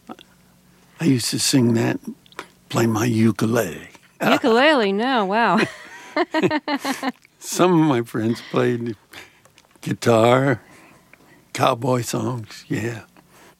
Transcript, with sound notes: I used to sing that and play my ukulele.
Ukulele? No, wow.
(LAUGHTER)
Some of my friends played guitar, cowboy songs, yeah.